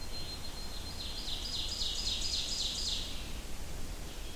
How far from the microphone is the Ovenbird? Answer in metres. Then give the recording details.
about 45 m. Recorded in boreal forest in Alberta, Canada, on 25 June 2016 at 06:05. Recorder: SongMeter 3, array SBT-6-76. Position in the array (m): 23 m, 113 m. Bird 2